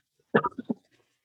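A brief, soft run of three voiced cough-like bursts from an adult in a quiet room.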